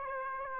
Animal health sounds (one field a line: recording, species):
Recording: mosquito wingbeat signal from an infrared sensor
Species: Aedes aegypti